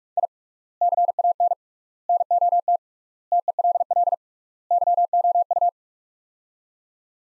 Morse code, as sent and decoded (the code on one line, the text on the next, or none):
.. / -.-. .- -. / -. --- - / - . .-.. .-.. / -.-- --- ..-
I CAN NOT TELL YOU